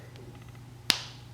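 An arm piece of a vintage plastic transforming robot figure is pressed onto its ball/plug joint, with only a faint tick at 0.2 s beforehand. A sharp, loud snap rings out at 0.9 s as the arm seats firmly in its socket, the clear click these arm joints sometimes lack.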